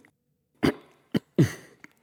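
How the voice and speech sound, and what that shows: Adult man with Tourette syndrome making a vocal tic: three short, throat-like clearing sounds, as if irritated by a cold. The tic cannot be controlled and occurs at random moments in conversation.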